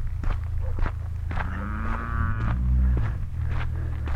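Cattle lowing: a drawn-out, deep moo over continuous footsteps.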